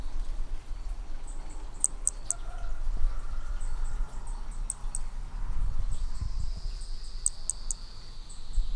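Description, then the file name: Hermogenes' flea-toad calling: short, very high clicky notes in two small bursts, over a low rumble and a steady thin insect-like whine later on. Individual 3, recorded at Picinguaba on 13 December 2017; six notes noted as lost. "B hermogenesi Picinguaba ind 3 6 notas perdidas 13 dez 2017 MRB"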